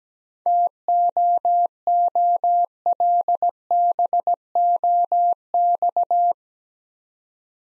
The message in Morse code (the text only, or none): TOOLBOX